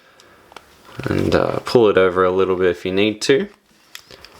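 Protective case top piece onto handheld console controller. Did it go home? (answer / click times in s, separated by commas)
yes / 0.6 s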